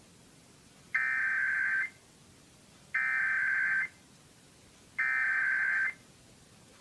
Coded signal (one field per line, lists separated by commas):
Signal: Emergency Alert System (SAME) tones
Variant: header bursts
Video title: December 7, 2011 - July 4, 2012 EAS test compilation (EAS #8-20)